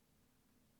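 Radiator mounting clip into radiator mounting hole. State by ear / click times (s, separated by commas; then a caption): not seated / none. A radiator mounting piece is being handled for a Mk2 VW Golf, to be pushed down into one of the front-most mounting holes on the radiator. Only a quiet, steady broadband hiss with a low hum is heard, with no distinct impact. Nothing has seated or clicked yet.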